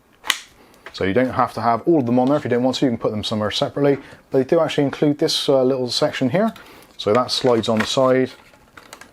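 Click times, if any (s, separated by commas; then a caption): none. Someone talks while handling a plastic accessory holder section for the wall mount of a Tineco Pure One S11 cordless stick vacuum, getting ready to slide it onto the side of the mount. A sharp tap is heard near the start and a few small knocks at the very end. Nothing has seated or clicked yet.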